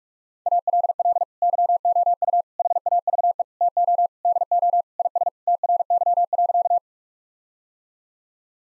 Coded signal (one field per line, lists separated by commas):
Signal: Morse code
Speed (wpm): 41 wpm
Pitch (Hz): 700 Hz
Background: none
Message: ALL YOU HAVE TO DO IS TRY.